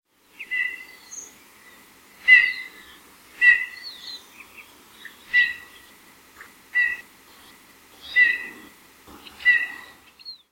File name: Pyrrhula pyrrhula